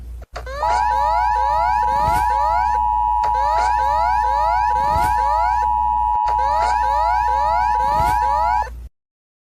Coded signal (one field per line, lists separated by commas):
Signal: Emergency Alert System (SAME) tones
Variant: 853 and 960 Hz attention tone